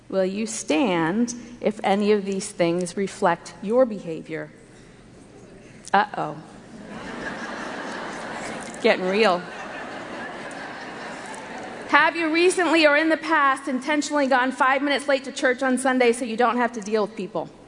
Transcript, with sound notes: will you stand if any of these things reflect your behavior? Uh-oh. Getting real. (laughter) Have you recently or in the past intentionally gone five minutes late to church on Sunday so you don’t have to deal with people?